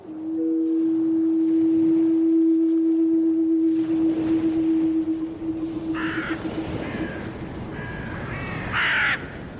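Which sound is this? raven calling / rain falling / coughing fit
raven calling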